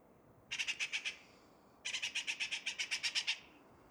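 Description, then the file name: Eurasian magpie giving two dry rattling chatters, a short burst of about six notes and then a longer one of around twelve evenly spaced harsh notes. "Pica pica"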